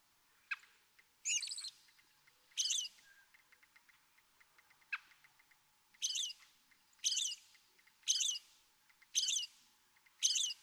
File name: American Robin